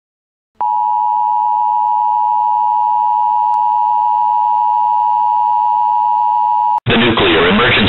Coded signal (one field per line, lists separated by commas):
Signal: Emergency Alert System (SAME) tones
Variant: 853 and 960 Hz attention tone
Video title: Emergency Alert System - Atomic Train